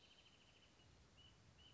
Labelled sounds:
Wrentit
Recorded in Sonoma County, California

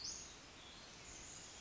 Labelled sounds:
Western Flycatcher
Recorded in Sonoma County, California

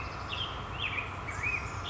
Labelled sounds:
Black-headed Grosbeak
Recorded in Sonoma County, California

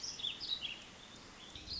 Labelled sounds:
Warbling Vireo
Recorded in Sonoma County, California

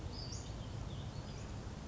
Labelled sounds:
Western Flycatcher
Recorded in Sonoma County, California

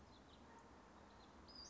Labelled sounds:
Western Flycatcher
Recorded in Sonoma County, California

